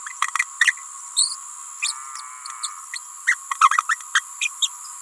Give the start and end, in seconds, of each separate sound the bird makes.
0.60-0.74, 1.16-1.35, 1.82-1.93, 2.62-2.69, 2.92-2.99, 3.26-3.36, 3.60-3.69, 3.88-3.98, 4.14-4.21, 4.40-4.49, 4.62-4.69